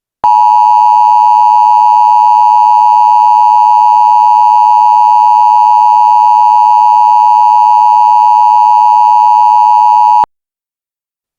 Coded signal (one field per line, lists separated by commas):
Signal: Emergency Alert System (SAME) tones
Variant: 853 and 960 Hz attention tone